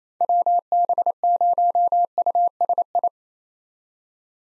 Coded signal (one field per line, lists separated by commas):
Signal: Morse code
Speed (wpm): 28 wpm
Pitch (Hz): 700 Hz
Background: none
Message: WB0USI